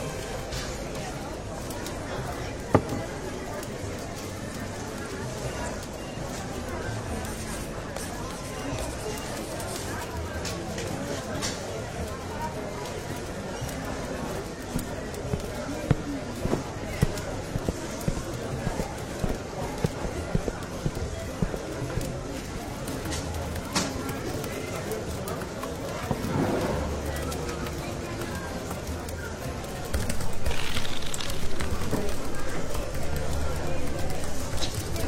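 A Paris café during the Christmas holidays hums with steady overlapping chatter, scattered clinks and knocks, and the crowd noise swelling louder near the end.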